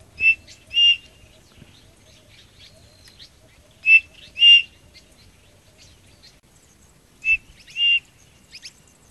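Bird calls: short, clear whistled notes given in quick pairs, each pair repeated about every three and a half seconds over a quiet background.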